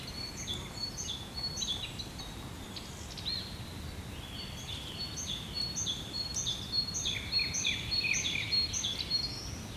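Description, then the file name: Birds singing: several overlapping high chirps and quick descending whistled notes, repeated rapidly and growing busier toward the end, over a soft wind hiss. Birds in woods and forest at Modřanská, Prague, in early spring, with light wind. "freesound woods forest birds early Spring light wind Prague Modranska"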